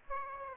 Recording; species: mosquito wingbeat signal from an infrared sensor; Aedes aegypti